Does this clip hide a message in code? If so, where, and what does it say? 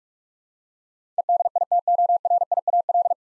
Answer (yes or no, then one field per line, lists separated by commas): yes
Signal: Morse code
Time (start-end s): 1.2-3.1 s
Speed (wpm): 42 wpm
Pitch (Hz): 700 Hz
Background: none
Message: EDITORIAL